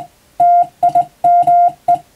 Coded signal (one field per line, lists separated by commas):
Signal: Morse code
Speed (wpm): 21 wpm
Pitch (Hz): 700 Hz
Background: music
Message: TIME